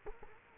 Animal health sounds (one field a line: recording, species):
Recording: mosquito wingbeat signal from an infrared sensor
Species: Culex quinquefasciatus